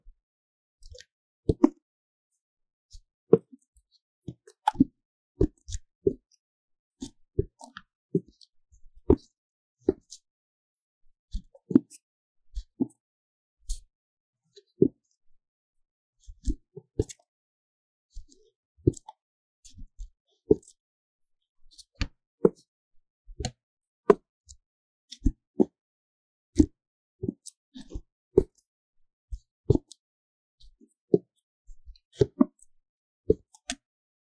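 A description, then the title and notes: Paper cup triggers: short, sharp taps and crinkles on a paper cup, spaced irregularly over near-silence. The hits come in loose clusters, roughly one to three per second, each a brief dull plop with a crisp papery edge. 紙杯觸發 | Paper Cup triggers | NoTalking.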